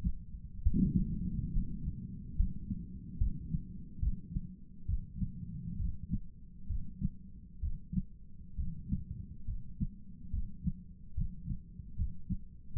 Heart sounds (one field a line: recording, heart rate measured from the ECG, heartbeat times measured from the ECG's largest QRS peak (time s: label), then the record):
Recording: heart sounds by stethoscope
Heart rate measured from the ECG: 69 bpm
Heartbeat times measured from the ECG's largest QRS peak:
0.62 s: heartbeat
1.52 s: heartbeat
2.36 s: heartbeat
3.18 s: heartbeat
4.00 s: heartbeat
4.86 s: heartbeat
5.77 s: heartbeat
6.68 s: heartbeat
7.61 s: heartbeat
8.56 s: heartbeat
9.46 s: heartbeat
10.31 s: heartbeat
11.15 s: heartbeat
11.97 s: heartbeat
12.74 s: heartbeat
From the record:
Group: healthy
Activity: breath hold 0-3 s, rest 3-13 s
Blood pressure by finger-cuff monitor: 183/96 mmHg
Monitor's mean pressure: 121 mmHg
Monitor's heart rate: 69 bpm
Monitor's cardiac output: 7.7 L/min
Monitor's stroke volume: 115 mL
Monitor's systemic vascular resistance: 1170 dyn s/cm5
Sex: male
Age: 57 years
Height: 188 cm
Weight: 106 kg